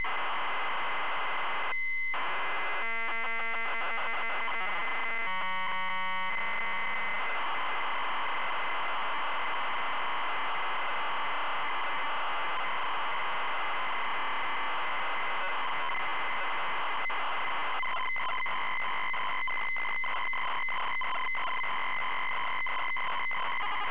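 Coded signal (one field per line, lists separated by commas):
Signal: ZX Spectrum tape loading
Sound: harsh buzzing screech with brief pitched tone bursts, then steady raspy data noise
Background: tape hiss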